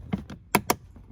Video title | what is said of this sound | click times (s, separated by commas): The EASIEST Car Maintenance You’re NOT Doing – Stop WASTING $110! | There you go. You heard it click into place. | 0.6 s, 0.7 s